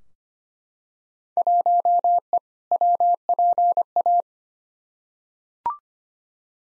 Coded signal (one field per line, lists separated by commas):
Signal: Morse code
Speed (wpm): 25 wpm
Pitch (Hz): 700 Hz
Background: none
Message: 1E WPA